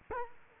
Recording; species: mosquito wingbeat signal from an infrared sensor; Culex quinquefasciatus